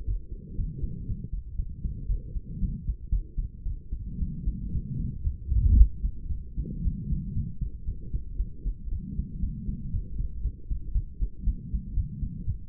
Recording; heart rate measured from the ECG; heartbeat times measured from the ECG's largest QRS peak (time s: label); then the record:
heart sounds by stethoscope; 116 bpm
0.07 s: heartbeat
0.57 s: heartbeat
1.07 s: heartbeat
1.58 s: heartbeat
2.08 s: heartbeat
2.61 s: heartbeat
3.11 s: heartbeat
3.65 s: heartbeat
4.19 s: heartbeat
4.73 s: heartbeat
5.24 s: heartbeat
5.76 s: heartbeat
6.30 s: heartbeat
6.84 s: heartbeat
7.35 s: heartbeat
7.87 s: heartbeat
8.38 s: heartbeat
8.91 s: heartbeat
9.42 s: heartbeat
9.92 s: heartbeat
10.43 s: heartbeat
10.94 s: heartbeat
11.46 s: heartbeat
11.96 s: heartbeat
12.46 s: heartbeat
From the record:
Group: healthy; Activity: rest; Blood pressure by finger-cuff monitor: 130/70 mmHg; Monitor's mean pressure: 87 mmHg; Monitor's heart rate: 117 bpm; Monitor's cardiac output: 9.9 L/min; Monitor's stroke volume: 84 mL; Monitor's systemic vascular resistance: 640 dyn s/cm5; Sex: female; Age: 22 years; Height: 163 cm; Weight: 67.1 kg